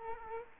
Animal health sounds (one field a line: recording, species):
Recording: mosquito wingbeat signal from an infrared sensor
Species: Culex quinquefasciatus